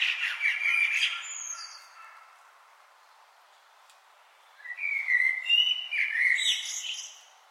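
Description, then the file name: Common blackbird song, one phrase ending in high squeaky notes, then a pause and a new fluty, wavering phrase closing with shrill twittering. "Turdus merula"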